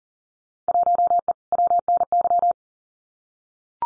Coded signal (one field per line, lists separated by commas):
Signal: Morse code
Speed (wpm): 38 wpm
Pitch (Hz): 700 Hz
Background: none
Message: 1E WNY